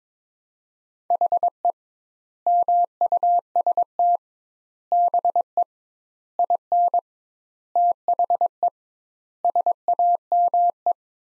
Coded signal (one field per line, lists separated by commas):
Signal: Morse code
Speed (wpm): 22 wpm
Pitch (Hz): 700 Hz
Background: none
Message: HE MUST BE IN THE SAME